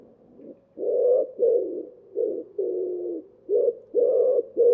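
Common Wood Pigeon cooing, low hoarse hooting notes of varied length in a rhythmic phrase, some long and drawn out, others short, on a quiet background.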